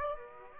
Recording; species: mosquito wingbeat signal from an infrared sensor; Aedes aegypti